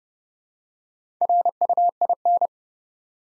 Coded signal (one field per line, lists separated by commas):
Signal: Morse code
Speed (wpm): 32 wpm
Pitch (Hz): 700 Hz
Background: none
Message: RUIN